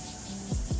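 A second filter is being fitted into the base of a Dyson Pure Cool air purifier fan during unboxing, and it has not seated or clicked yet. Over a steady background hiss, two low, dull handling bumps land at about 0.5 s and 0.7 s.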